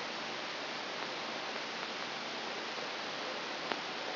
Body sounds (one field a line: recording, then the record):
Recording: brain microelectrode recording played as sound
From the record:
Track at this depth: inside the subthalamic nucleus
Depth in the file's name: 0.955 mm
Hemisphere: right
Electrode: 3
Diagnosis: Parkinson's disease